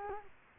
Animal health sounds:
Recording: mosquito wingbeat signal from an infrared sensor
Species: Culex quinquefasciatus

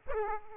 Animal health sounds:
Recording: mosquito wingbeat signal from an infrared sensor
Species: Aedes aegypti

